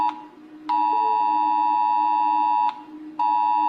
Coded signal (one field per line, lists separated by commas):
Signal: Emergency Alert System (SAME) tones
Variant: 853 and 960 Hz attention tone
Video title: Rating EAS alarm (wait for malaysia) volume down if malaysia siren here